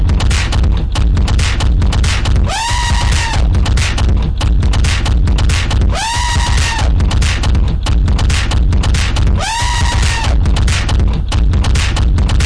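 Elephant trumpeting: three similar brassy calls, each rising quickly then holding a steady tone for under a second, over constant crackling, hissing noise.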